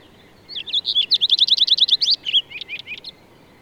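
Bird song: a brief lead-in, a fast trill of crisp high notes, then a handful of slower, scattered chirps to close.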